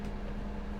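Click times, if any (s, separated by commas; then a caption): none. A folding shelf bracket on a fold-down countertop extension is handled as the extension is pulled up toward its locked-open position. Only a steady, even hum with a strong low tone is heard, with no sharp hits. Nothing has seated or clicked yet.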